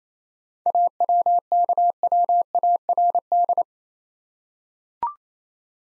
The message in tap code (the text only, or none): none